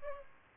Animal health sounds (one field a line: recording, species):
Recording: mosquito wingbeat signal from an infrared sensor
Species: Aedes albopictus